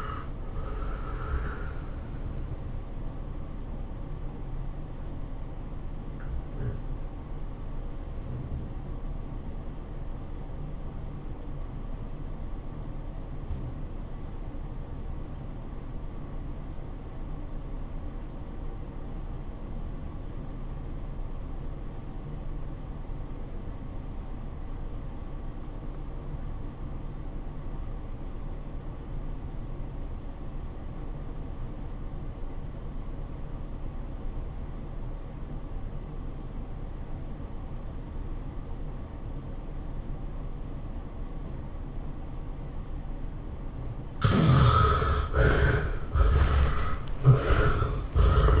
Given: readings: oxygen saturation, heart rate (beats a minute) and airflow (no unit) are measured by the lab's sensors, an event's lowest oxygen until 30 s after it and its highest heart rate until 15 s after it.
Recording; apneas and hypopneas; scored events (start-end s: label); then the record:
breathing in sleep by a smartphone at the bedside; 1
14.00-44.20 s: obstructive apnea (REM, oxygen 95% highest, then 64% lowest, heart rate 98 at the start, 116 highest)
From the record:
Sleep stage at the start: REM sleep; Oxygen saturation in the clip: 67 to 95%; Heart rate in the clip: 63 to 115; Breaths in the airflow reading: 4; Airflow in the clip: -16.8 to 12.2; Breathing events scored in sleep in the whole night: 403 in 5.5 hours asleep